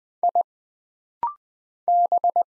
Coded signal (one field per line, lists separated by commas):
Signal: Morse code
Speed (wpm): 20 wpm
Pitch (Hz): 700 Hz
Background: none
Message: I B